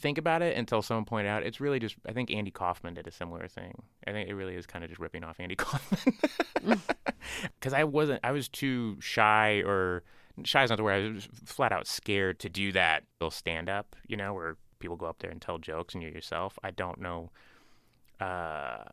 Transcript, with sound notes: I didn't think about it until someone pointed out. It really just I think Andy Kaufman did a similar thing. I think it really is kind of just ripping off Andy Kaufman.
(LAUGHTER)
'Cause I wasn't - I was too shy or - shy is not the word. I was flat-out scared to do real standup, you know, where people go up there and tell jokes and you're yourself. I don't know